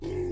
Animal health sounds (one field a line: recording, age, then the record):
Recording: pig call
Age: weaner (32 to 43 days)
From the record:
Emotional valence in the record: positive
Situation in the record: positive conditioning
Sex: female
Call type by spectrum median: low-frequency call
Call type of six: low-frequency stable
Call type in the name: low-frequency stable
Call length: 0.33 s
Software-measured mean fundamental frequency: 46 Hz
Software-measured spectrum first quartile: 133 Hz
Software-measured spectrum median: 317 Hz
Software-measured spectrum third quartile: 402 Hz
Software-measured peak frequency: 357 Hz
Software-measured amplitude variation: 81 dB a second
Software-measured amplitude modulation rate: 24.4 a second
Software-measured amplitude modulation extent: 3.3 dB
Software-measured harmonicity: 4.9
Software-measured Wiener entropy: -0.51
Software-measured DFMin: 924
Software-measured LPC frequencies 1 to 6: 365, 2039, 3257, 4178, 4823, 6024 Hz